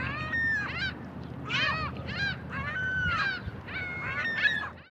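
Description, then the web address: Gulls calling: a run of harsh, arching squeals and mewing notes in quick bursts, with drawn-out level wails, over a steady low rumble. Gulls in a suburban parking lot. "Toxic Bag. seagulls suburbanparkinglot"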